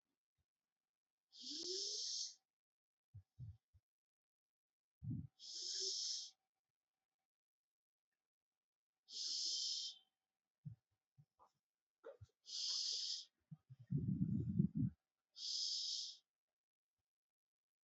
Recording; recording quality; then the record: deep breathing; excellent, no background noise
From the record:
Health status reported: healthy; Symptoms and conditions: none ticked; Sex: female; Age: 32 years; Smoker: not ticked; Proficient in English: yes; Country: India